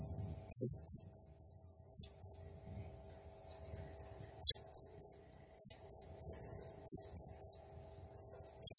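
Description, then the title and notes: Blue-crowned hanging parrot giving very high, thin chirps and short trills in quick irregular bursts, with pauses between clusters. Local name serindit; lively nembak gacor singing; recording used as masteran, a lure and training sound for other birds. "Burung Serindit Nembak Gacor Bikin Emosi Semua Burung. Suara Nasteran Dan Pemikat Burung Serinditan Gacor"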